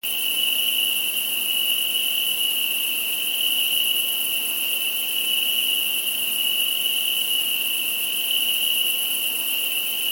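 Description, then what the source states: Insects in a continuous chorus: a steady high shrill band with a second, even higher hiss, unbroken throughout with no other clear sounds. Insects at night.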